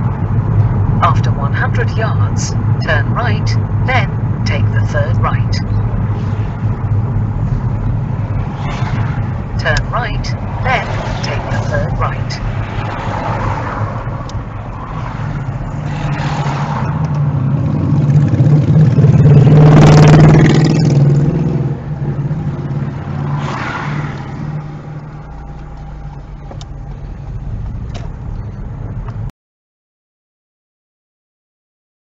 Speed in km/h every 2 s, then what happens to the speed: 34, 32, 29, 26, 21, 18, 13, 6, 0, 0, 0, 0, 0, 8, 15, 13.
0-15 slows to 0. 15-24 standing. 24-28 pulls away to 15.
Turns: none.